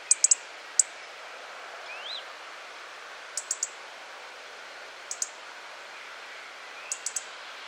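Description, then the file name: European robin making sharp, dry ticking clicks in short bursts of two or three, repeated every couple of seconds over steady background hiss, with one faint thin upslurred note. "Erithacus rubecula"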